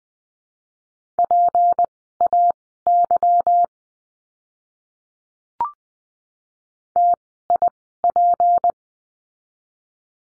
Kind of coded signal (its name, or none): Morse code